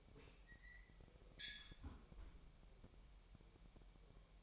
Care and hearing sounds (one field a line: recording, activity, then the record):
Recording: daily activity, microphone in the room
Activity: close fridge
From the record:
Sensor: 1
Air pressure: 1002.0 hPa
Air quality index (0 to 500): 245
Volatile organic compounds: 51 ppm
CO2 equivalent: 3307 ppm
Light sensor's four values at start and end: 8/27/10/11 and 8/27/10/11